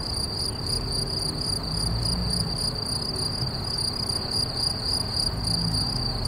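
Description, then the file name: Cricket chirping: a continuous, shrill, high trill pulsing rapidly and steadily, with a fainter higher overtone and a low rumble underneath throughout. "Swierszcze"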